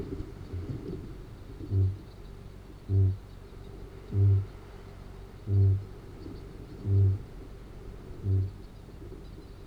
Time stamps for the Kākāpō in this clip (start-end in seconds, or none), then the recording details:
1.45-8.81. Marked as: faintness 2/5. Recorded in New Zealand. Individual Arab